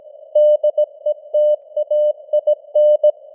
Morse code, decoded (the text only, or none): DETAIN